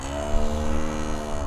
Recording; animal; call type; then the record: contact call of a hoofed animal; cattle; low-frequency (closed-mouth) or high-frequency (open-mouth) call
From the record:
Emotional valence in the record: negative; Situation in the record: physical separation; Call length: 1.47 s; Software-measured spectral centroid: 2160 Hz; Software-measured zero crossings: 1290 a second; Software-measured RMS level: -23 dBFS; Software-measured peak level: -9 dBFS